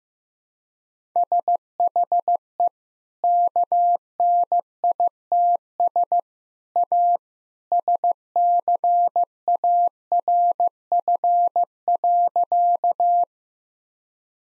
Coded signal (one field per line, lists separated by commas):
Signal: Morse code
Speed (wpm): 16 wpm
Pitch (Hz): 700 Hz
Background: none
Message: SHE KNITS A SCARF.